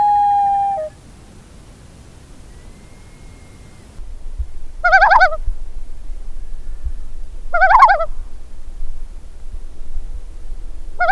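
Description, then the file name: Common loon ends a wail, then gives short wavering tremolo bursts a few seconds apart over low rumbling noise. "Gavimm"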